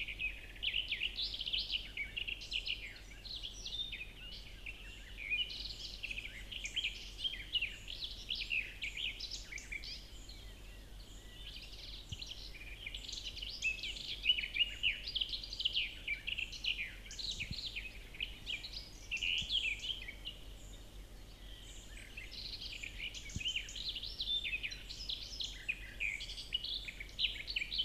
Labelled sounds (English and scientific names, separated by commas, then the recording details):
Garden Warbler (Sylvia borin) song
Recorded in the wild
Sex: male
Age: adult
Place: Marburg, Hessen, DE
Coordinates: 50.8136, 8.76417
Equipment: Uher 4100 Report-V, Sennheiser MKH 804, Kopie DAT
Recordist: Brunner, Thomas